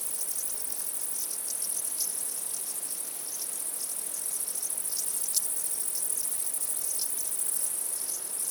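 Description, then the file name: Crickets produce a continuous piercing trill with scattered brief chirps overlapping. Crickets at night. "Night Sounds, Cricket Sounds, Sounds of Nature Zone"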